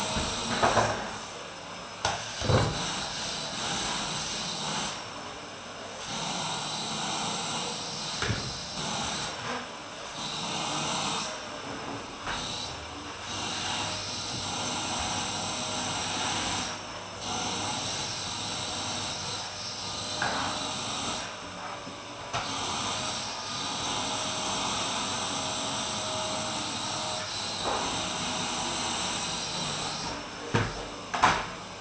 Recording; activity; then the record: daily activity, microphone in the room; vacuum cleaning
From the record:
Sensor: 2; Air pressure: 995.1 hPa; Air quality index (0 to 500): 50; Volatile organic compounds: 1 ppm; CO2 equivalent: 782 ppm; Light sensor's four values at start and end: 15/49/19/18 and 16/52/20/20